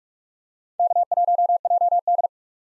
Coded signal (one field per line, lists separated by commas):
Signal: Morse code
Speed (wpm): 41 wpm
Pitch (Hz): 700 Hz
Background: none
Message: K1JD